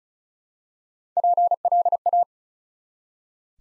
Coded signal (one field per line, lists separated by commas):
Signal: Morse code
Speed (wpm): 36 wpm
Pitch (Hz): 700 Hz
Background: none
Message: PLA